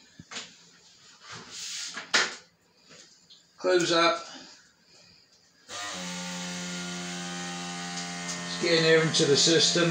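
A keg is pushed all the way forward in a Philips Perfect Draught beer machine and the closure is brought down, clicking shut with a single sharp hit at 2.2 s, so the keg is seated. Someone talks throughout, and from about 5.7 s a steady tonal hum continues to the end.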